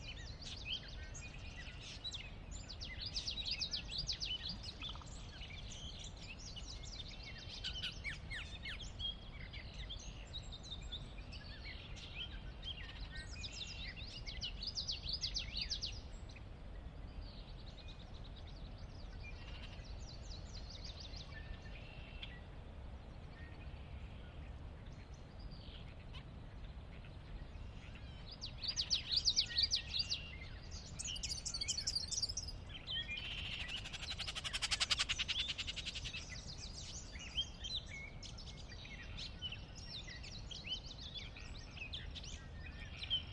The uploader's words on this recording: Sinlahekin Valley pre-dusk... and a car. The valley itself is a 16 mile long, 1/2-mile wide glacier-dug trench near the Northeastern slope of the Cascades.